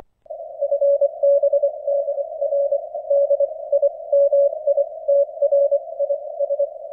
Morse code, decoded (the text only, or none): FB DR DIMITRIS